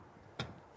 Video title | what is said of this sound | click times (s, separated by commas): The 2025 GMC Yukon XL Denali is Incredible | I would just give it a little push down till it clicks push it up again | 0.4 s